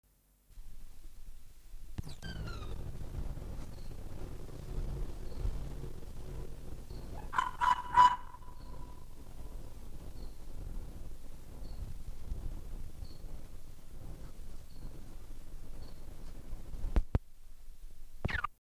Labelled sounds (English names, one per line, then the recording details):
Arctic Fox
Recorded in captivity
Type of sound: defence call, serial barking
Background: Acheta domestica
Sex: pair
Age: adult
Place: Zoologisches Institut der HUB, Berlin, DE
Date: 1959-03-04 18:30
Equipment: Reporter, Vollspur
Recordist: Tembrock, Günter
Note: Fuchsanlage: "Nina": Abwehrlaute, "Teddy": Bellstrophe (vom Zimmer 30 aus aufgenommen)